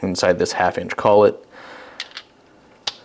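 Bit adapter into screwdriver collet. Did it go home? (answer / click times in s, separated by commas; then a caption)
yes / 2.9 s. A metal bit adapter is pushed into the 1/2 inch collet of a Klein 16-in-1 impact hybrid multi-bit screwdriver while someone talks. After the speech, there are faint handling ticks around 2.0 and 2.2 seconds. At 2.9 seconds a sharp metallic click sounds as the adapter slides past the ball-detent locking ring and locks into place.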